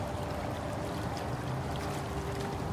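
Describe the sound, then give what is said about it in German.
Steady, continuous wash of moving Rhine water at the riverbank near Ingelheim, Germany, while waiting for the ferry to Oestrich, with a low rumbling undertone and a faint tonal hum, like a boat engine idling over lapping river water; no voices. “Auf dem Rückweg vom Fliegerhorst Nörvenich fahre ich bei Ingelheim von der Autobahn ab und warte am Rheinufer auf die Fähre nach Östrich.”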